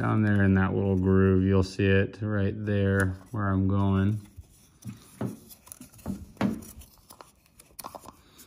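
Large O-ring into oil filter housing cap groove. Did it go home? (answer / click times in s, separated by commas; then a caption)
no / none. A large rubber O-ring is worked into the groove of the oil filter housing cap during an N54 oil change on a BMW 135i. Someone talks for the first four seconds, then faint rubbing, scraping and light tapping sounds follow as the ring is handled. The O-ring has not seated yet, and nothing has clicked.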